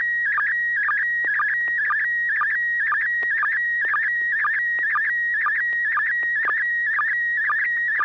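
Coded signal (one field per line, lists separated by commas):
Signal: SSTV (slow-scan television)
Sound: steady high whistle with rhythmic warbling chirps and short low blips about twice a second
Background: low hum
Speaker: carol will have a chance to take a look at the picture and give us some comments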